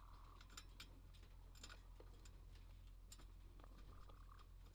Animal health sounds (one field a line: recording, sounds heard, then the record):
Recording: poultry house recording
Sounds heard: sick chickens (respiratory disease)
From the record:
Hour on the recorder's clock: 22